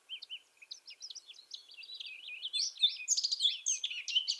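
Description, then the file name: Eurasian blackcap song starting with soft, rapid chattering notes that build into a louder, dense warble of high, tumbling phrases. "Sylvia atricapilla"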